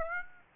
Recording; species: mosquito wingbeat signal from an infrared sensor; Aedes aegypti